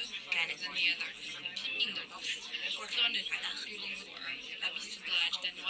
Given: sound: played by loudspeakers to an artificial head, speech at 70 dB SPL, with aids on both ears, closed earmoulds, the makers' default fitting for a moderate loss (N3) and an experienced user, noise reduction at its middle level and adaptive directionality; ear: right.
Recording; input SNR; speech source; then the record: speech test signal (ISTS) in cocktail-party noise; -6 dB; on the right (90 degrees)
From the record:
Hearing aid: class 1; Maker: I